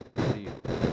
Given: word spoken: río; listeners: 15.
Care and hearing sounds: one Spanish word in noise, from a listening test; noise modulated by one talker; -12.1 dB; 2 of 15; 12 of 15; 0.53 s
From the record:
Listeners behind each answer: 12, 2, 1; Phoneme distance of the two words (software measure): 27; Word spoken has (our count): 2 syllables, 3 phonemes, stress on syllable 1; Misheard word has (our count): 1 syllable, 4 phonemes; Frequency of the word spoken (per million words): 123.78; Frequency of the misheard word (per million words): 0.17

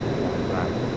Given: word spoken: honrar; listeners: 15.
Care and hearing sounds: one Spanish word in noise, from a listening test; speech-shaped noise; -6.8 dB; 0 of 15; 8 of 15; 0.57 s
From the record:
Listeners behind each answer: 8, 1, 1, 1, 1, 1, 1, 1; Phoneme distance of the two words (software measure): 34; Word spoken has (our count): 2 syllables, 5 phonemes, stress on syllable 2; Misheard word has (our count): 2 syllables, 7 phonemes, stress on syllable 2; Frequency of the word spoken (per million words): 2.29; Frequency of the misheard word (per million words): 46.67

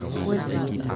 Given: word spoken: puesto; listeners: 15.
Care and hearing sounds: one Spanish word in noise, from a listening test; eight-talker babble; -3.5 dB; 3 of 15; 8 of 15; 0.56 s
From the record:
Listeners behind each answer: 8, 3, 1, 1, 1, 1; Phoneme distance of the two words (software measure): 20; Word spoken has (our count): 2 syllables, 6 phonemes, stress on syllable 1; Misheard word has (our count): 2 syllables, 6 phonemes, stress on syllable 1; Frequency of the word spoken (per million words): 217.97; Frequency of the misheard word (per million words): 40.05

